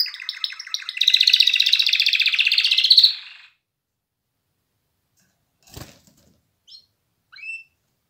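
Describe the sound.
Canary song, a loud rapid trilled phrase lasting a few seconds, followed by quiet with a click and a few short chirps.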